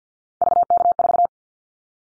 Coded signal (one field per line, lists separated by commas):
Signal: Morse code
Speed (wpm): 50 wpm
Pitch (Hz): 700 Hz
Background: none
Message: VK4